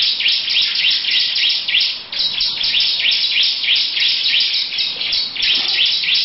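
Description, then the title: Lovebird chattering nonstop in a shrill, fast trill of clipped chirps, briefly faltering at about two seconds. Long "ngekek panjang" song. "Audio Lovebird Ngekek Panjang Ciblek"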